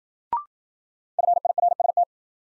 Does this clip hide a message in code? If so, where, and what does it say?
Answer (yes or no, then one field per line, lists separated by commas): yes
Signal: Morse code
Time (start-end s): 1.2-2.0 s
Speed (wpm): 53 wpm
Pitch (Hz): 700 Hz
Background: none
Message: FIRST